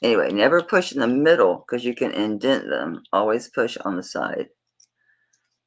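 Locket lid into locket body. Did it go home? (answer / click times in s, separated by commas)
no / none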